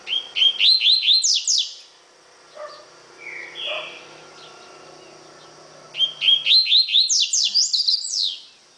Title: Canto Coleiro